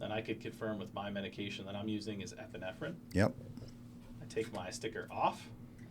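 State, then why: Not seated. Someone talks while handling an epinephrine medication syringe and peeling its sticker off before pushing it into a plastic, color-coded, dose-limiting syringe holder. A short, sharp handling noise stands out around 3.2 s. The clip ends before the syringe goes home, so nothing has seated or clicked yet.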